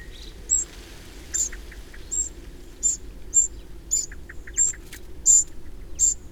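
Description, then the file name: Eurasian wren making a steady run of hard, high tick calls, a little more than one a second, with faint short notes underneath. "Troglodytes troglodytes"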